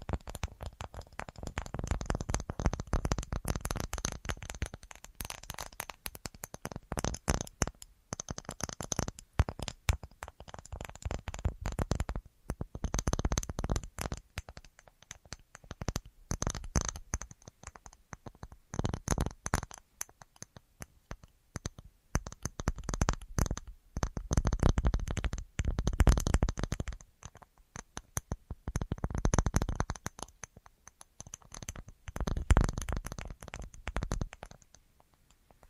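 An assortment of tapping, with rapid clusters of small clicks and taps running through nearly the whole clip. Bursts come in dense runs separated by brief lulls, especially around 15 and 20 seconds, with some thicker, heavier passages near 25 to 32 seconds.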